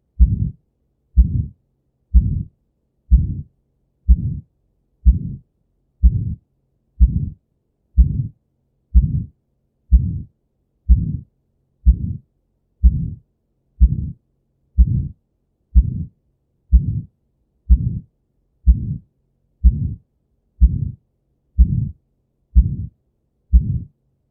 Heart Murmurs: Aortic Stenosis. Aortic stenosis: an ejection systolic murmur which radiates to the carotids.